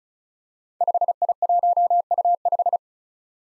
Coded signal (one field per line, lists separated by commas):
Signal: Morse code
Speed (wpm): 36 wpm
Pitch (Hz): 700 Hz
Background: none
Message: 5I1U5